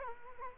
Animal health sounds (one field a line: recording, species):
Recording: mosquito wingbeat signal from an infrared sensor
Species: Culex quinquefasciatus